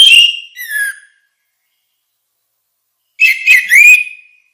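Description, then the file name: Orange-headed thrush song: a short burst of clear, falling whistled notes, a long silence, then another rich warbled phrase ending in a drawn-out whistle. "suara kicau burung anis merah"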